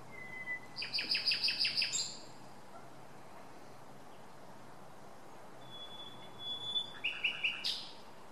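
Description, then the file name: Common nightingale song: a thin whistle leading into a fast run of loud repeated notes, a quiet gap, then a long whistle and another short repeated series. "Luscinia megarhynchos"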